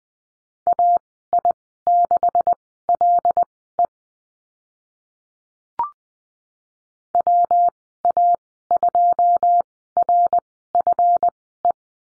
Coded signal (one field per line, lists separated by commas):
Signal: Morse code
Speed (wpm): 20 wpm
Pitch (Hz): 700 Hz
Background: none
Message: AI6LE WA2RFE